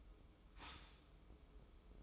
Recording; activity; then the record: daily activity, microphone in the room; stop toaster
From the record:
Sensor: 1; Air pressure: 995.3 hPa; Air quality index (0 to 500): 25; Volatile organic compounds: 0 ppm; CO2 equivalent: 502 ppm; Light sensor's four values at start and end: 18/58/21/23 and 18/58/21/23